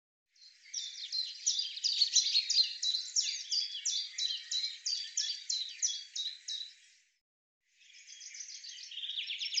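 Common chaffinch song: a long run of high, quickly repeated chipping notes, a brief pause, then another high trill starts.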